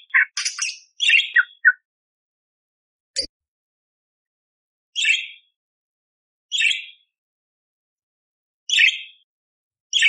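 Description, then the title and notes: Eurasian tree sparrow giving a rapid run of chirps, then several single chirps spaced well apart, with one brief click between. Eurasian tree sparrow "tarung" (fighting) song used as a master recording for training cage birds. "MASTER GEREJA TARUNG. burung gereja"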